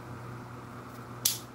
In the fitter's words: hold it in place. You hear it click, you hear it?